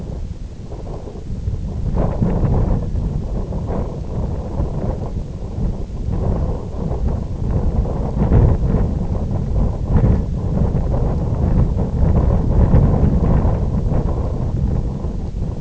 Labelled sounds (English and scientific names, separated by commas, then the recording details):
none
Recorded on Arctic tundra, site IGLO-F, on 18 June 2018
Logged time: 22:00